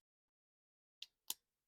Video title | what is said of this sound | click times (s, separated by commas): How To Replace Dodge Key Fob Battery 2015-2023 (Charger, Challenger, Durango, Hellcat) | There we go. There's the click that we need. | 1.0 s, 1.3 s